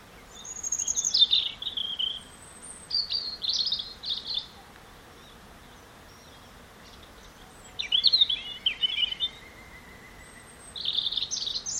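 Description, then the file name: European robin song in four separate high, wavering phrases divided by pauses. "Erithacus rubecula"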